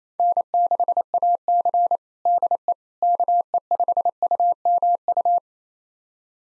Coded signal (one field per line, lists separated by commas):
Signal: Morse code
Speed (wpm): 28 wpm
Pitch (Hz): 700 Hz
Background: none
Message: N6AC DE KE5UMU